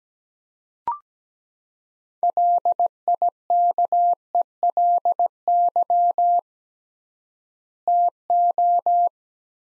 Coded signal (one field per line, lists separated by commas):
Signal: Morse code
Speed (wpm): 17 wpm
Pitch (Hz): 700 Hz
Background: none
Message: LIKELY TO